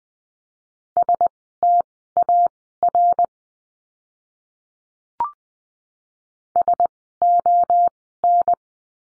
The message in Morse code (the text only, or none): STAR SON